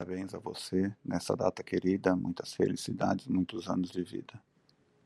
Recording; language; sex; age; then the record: short text; Brazilian Portuguese; male; 40 to 49 years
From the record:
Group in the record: control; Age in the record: 48 years